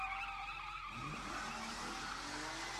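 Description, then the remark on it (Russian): Several cars rev their engines while tires squeal, smoke and skid on asphalt, a steady loud roar with high whining squeals sliding in pitch over a low rumbling growl throughout. “Они газуют и ревут, а шины дымятся, скользя по асфальту.”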